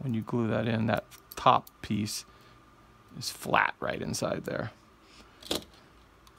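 A small styrene suspension part for an Amusing Hobby Japanese Type 5 Ho Ri plastic scale model tank kit is being handled and pressed toward its mount on the hull while someone talks, with faint handling sounds in the pauses. The clip ends before the part goes home; nothing has seated or clicked yet.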